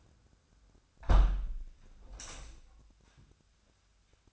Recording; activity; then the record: daily activity, microphone in the room; close window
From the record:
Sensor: 2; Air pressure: 1006.4 hPa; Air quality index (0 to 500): 196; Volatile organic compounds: 13 ppm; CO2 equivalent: 2382 ppm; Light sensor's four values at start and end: 9/21/9/9 and 9/21/9/9